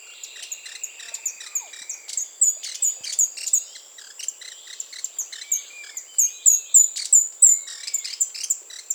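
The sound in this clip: Speckled Spinetail calls: very high, thin, curved chips repeated rapidly in loose runs, over a steady shrill insect hum and scattered sharp clicks.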